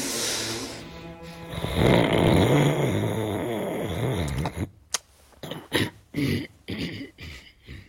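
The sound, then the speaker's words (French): A man snores loudly, long rattling breaths with a deep, harmonic drone, then several short, choppy snorts in uneven bursts toward the end. “Il sent moins bon que sa fille, et en plus, il ronfle.”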